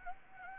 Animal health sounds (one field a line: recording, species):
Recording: mosquito wingbeat signal from an infrared sensor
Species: Anopheles gambiae